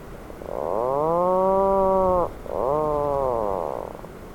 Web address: sound Atlantic-puffin. صدای-پرنده-پافین-اطلس